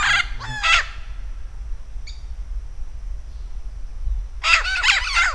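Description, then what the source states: Vinaceous-breasted amazon with a short burst of harsh, ringing squawks, then a few seconds of near quiet before another rapid cluster of rasping notes. Campos do Jordão, São Paulo, Brazil; dated 3-12-09.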